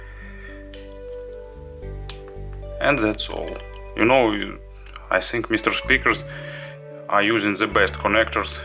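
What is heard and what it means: The cable connectors of a pair of MrSpeakers Æon Flow headphones are pushed and pulled out of both earcups, giving sharp clicks at 0.7 s and 2.1 s over steady background music. Both connectors come free easily, released from the earcup sockets, and then someone talks.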